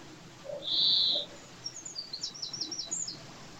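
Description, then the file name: European greenfinch giving a loud buzzy wheeze, then a rapid twittering series of short high notes lasting over a second. "Chloris chloris"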